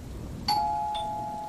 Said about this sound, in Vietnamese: Tiếng chuông cửa vang lên, người đàn ông sực tỉnh, đôi mắt chỉ còn đầy sự lạnh lẽo.